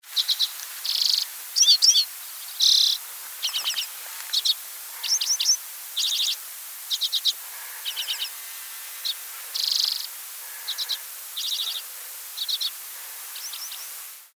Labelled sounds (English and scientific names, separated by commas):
Common Redpoll (Carduelis flammea)